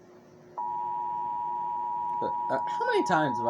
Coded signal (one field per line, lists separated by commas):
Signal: Emergency Alert System (SAME) tones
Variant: 853 and 960 Hz attention tone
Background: speech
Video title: the infection Thanksgiving 2016 eas scenario movie night reaction🍿🥧